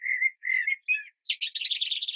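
Bird calls: three short high whistled notes, the third more warbled, followed by a rapid buzzy chattering burst of high twittering.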